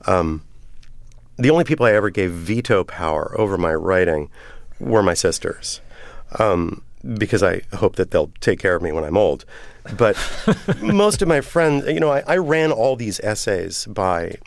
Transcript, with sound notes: The only people I ever gave veto power over my writing were my sisters because I hope that they'll take care of me when I'm old. (Laughter) But most of my friends - you know, I ran all these essays by